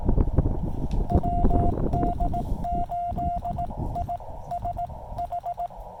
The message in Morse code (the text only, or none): WD8ISH